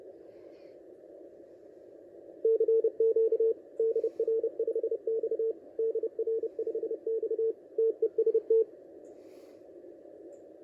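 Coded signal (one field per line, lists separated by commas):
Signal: Morse code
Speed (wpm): 31 wpm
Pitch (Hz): 450 Hz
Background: radio noise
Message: CQ DR5X DR5X TEST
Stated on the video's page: Signals received on a Malahit DSP2 SDR at a kitchen table with its short telescopic aerial or a home-made untuned amplified loop.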